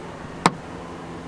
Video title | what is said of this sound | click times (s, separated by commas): Everything you need to know! - 2020-2021 Civic Type R in Boost Blue Pearl Review! - S3 - EP12 | you hear that click? Look, I just popped off | 0.5 s